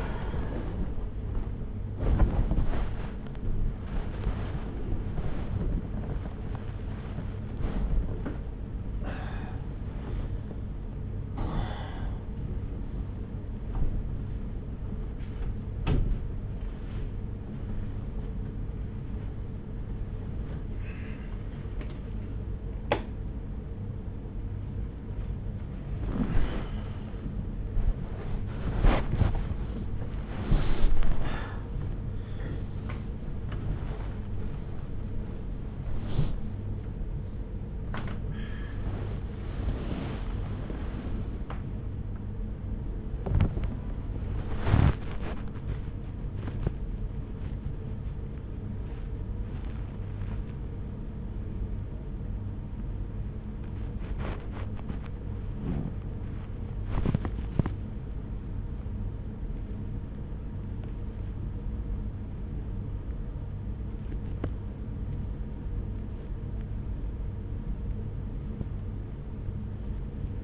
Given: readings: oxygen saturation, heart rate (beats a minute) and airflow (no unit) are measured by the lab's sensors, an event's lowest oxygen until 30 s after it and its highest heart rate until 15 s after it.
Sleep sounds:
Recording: a person awake in a sleep study, by a smartphone at the bedside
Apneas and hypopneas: none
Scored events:
0.00-70.44 s: awake
0.00-70.44 s: awake
From the record:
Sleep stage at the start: awake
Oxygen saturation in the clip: 97 to 98%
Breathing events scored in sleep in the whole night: 210 in 6.9 hours asleep

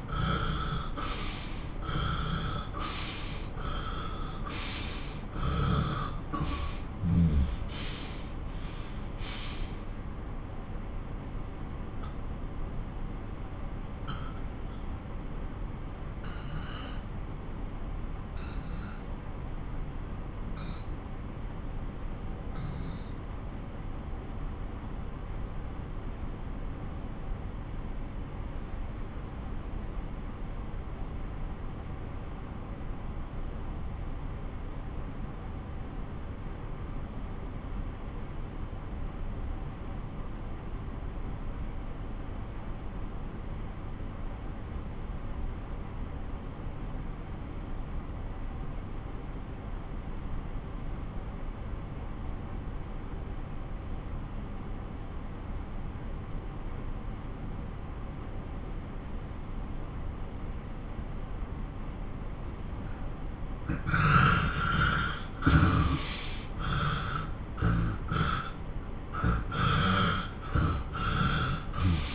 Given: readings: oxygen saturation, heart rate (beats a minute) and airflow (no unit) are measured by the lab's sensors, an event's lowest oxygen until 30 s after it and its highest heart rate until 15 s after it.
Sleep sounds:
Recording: breathing in sleep by a smartphone at the bedside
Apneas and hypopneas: 1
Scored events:
8.00-61.40 s: obstructive apnea (N1, oxygen 97% highest, then 90% lowest)
14.00-72.15 s: new sleep stage, N2 (light sleep)
From the record:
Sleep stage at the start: N1 (lightest sleep)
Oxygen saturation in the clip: 86 to 97%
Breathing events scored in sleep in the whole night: 217 in 6.3 hours asleep

